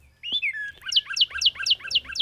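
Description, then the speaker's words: Northern Cardinal song: two slurred whistles, the second falling in pitch, followed by a quick run of several sharp downslurred notes in steady rhythm. Played example of another Northern Cardinal song, rendered as 'what cheer, what cheer, what cheer'. "They also have another song that's kind of a what cheer, what cheer, what cheer, what."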